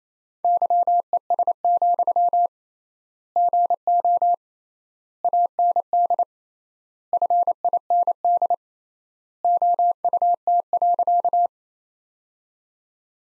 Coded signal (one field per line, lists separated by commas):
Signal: Morse code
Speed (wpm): 28 wpm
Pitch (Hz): 700 Hz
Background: none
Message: YES, GO AND FIND OUT.